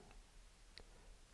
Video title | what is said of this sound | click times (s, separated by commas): Gyro Chaser Rocket Kit - 3: Rotor Hub Assembly | and it's going to lock into place just like that | 0.8 s